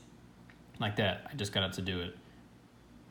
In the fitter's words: how I you heard it click and engage but it actually popped out so